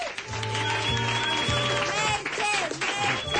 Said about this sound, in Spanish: Un aplauso para los Alcántara, por favor.